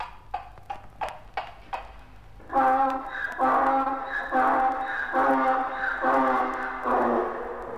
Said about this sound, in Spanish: cuando llegó por el camino con retozón andar el señor burro.